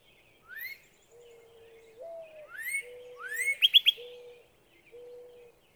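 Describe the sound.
Northern cardinal sings rising slurs and a quick burst of sharp notes over a series of low, level cooing tones from another bird.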